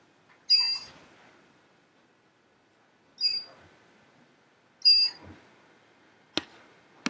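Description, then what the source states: Red-tailed black cockatoo calls: three short, grating, harmonic notes spaced a couple of seconds apart, followed by two sharp clicks. Hand-tame, affectionate bird.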